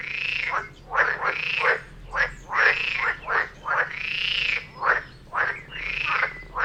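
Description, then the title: Frogs croaking in chorus, drawn-out arched calls alternating with quick clucking notes. Frog chorus recorded near Vellerner Brook in Neubeckum at 2pm; binaural recording meant for headphones. "Frog concert near Vellerner Brook in Neubeckum - 2pm - binaural version"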